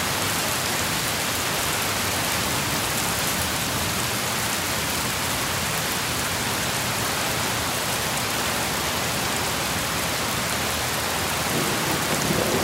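Heavy rain pours down steadily on a roof, a dense, even hiss of countless drops that stays bright and constant throughout. A faint low rumble of thunder sits underneath, swelling slightly near the end.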